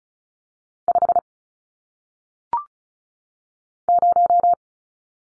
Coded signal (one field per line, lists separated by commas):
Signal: Morse code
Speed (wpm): 35 wpm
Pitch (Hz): 700 Hz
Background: none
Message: 5 0